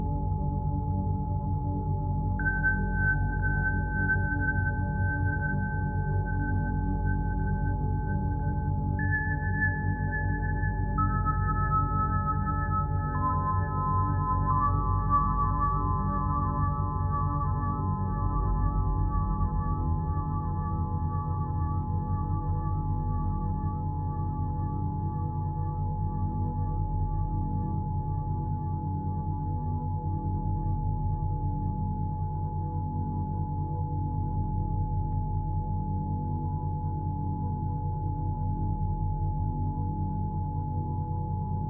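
Solfeggio 852Hz tones sound as steady pure pitches over a thick, constant low hum. Several high tones come in one after another in the first fifteen seconds, then settle into one sustained tone that holds unchanged to the end.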